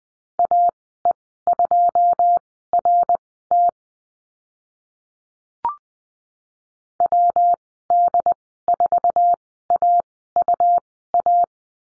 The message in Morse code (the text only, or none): AE2RT WD4AUA